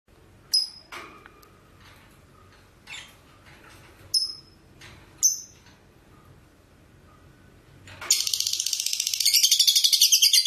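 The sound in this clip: Lovebird calls: several sharp, separated high chirps, then a loud rapid high chattering trill bursting in after eight seconds.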